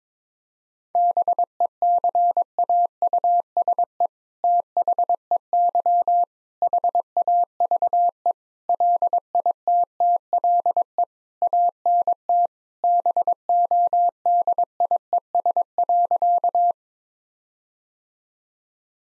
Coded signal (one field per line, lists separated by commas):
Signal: Morse code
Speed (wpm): 21 wpm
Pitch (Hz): 700 Hz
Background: none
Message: BECAUSE THEY HAVE LITTLE ANT BODIES.